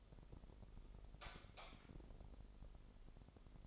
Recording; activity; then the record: daily activity, microphone in the room; light off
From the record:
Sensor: 5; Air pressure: 995.5 hPa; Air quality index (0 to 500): 95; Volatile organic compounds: 5 ppm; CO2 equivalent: 1796 ppm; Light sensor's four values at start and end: 35/85/34/34 and 34/79/32/32